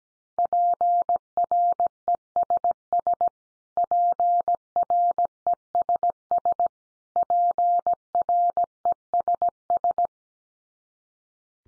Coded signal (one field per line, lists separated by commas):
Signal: Morse code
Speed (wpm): 17 wpm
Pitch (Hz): 700 Hz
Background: none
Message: PRESS PRESS PRESS